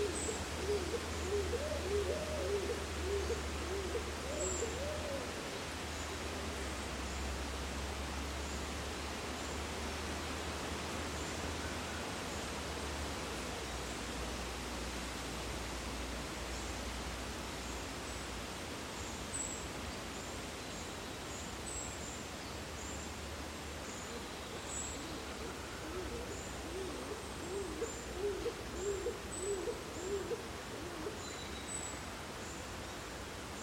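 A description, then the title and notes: Summer breeze moves steadily through oak trees, a dense continuous rustle, with a low rumble early on and faint hooting around five and twenty-seven seconds. Summer Breeze in the Trees, Malvern Hills UK - Binaural. Oaks swaying in the summer breeze - Binaural Nature Soundscape. Recorded by Mike Rucinski. Today the recording location is up and over Ragged Stone Hill, then steep down into a woodland made up of mostly Beech and Oak (at least where I was situated).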